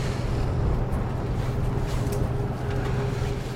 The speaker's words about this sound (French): il se met à faire froid, il y a du vent.